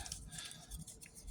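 A part of a plastic transforming robot toy is handled as two side pegs are lined up with two matching sockets on another part. Light plastic scrapes and small taps are heard, including brief ticks near 0.1 s and a soft knock around 0.9 s. Nothing has seated or clicked yet.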